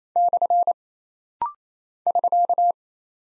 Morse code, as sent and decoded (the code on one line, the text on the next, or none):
-..-. / ...-.-
/ <SK>